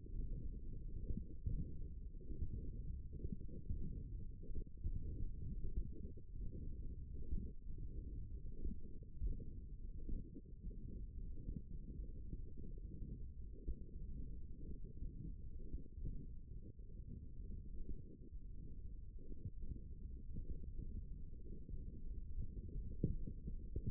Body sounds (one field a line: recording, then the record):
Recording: forearm muscle sounds (acoustic myography)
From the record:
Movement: tripod grip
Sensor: system 1, eight BSWA MPA416 microphones around the upper forearm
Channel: 7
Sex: female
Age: 22 years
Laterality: right